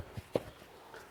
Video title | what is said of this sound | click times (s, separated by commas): Oil Change on 2009-2014 Jetta/Golf/Sportwagen TDI | Just line it up. Snaps right in place. | 0.4 s